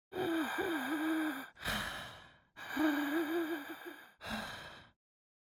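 Wheeze in an adult: two breathing cycles, each a long musical tonal phase with a wavering pitch around 300 Hz and harmonics, followed by a shorter noisy breath.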